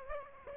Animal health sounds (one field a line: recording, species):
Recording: mosquito wingbeat signal from an infrared sensor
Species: Aedes aegypti